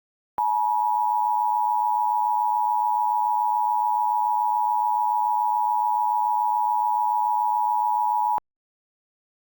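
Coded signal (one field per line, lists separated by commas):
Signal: Emergency Alert System (SAME) tones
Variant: 853 and 960 Hz attention tone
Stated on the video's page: Fictional mock alert for a nuclear disaster in Washington.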